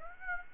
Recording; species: mosquito wingbeat signal from an infrared sensor; Aedes aegypti